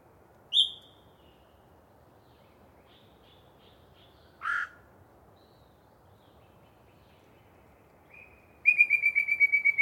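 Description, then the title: Yellow-breasted chat: a high whistle, soft clipped notes, a harsh note, then a rapid run of repeated piping notes to the end. Long pre-dawn singing session by one very vocal bird in deciduous cover. "A Very Chatty Yellow-breasted Chat"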